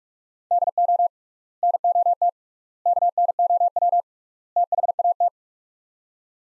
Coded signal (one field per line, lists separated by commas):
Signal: Morse code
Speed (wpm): 43 wpm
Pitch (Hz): 700 Hz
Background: none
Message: DO NOT KNOW THAT